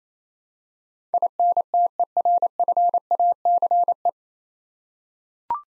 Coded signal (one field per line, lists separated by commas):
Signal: Morse code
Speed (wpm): 28 wpm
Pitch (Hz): 700 Hz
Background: none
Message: INTERFACE